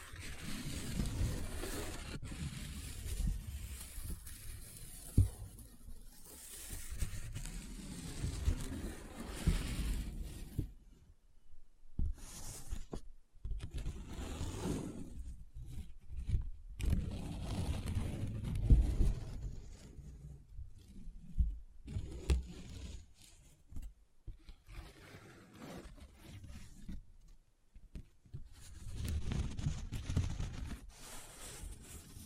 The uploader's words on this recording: ASMR Close Up Paper Sounds - Folding, Scratching, Rubbing, Crinkle No Talking.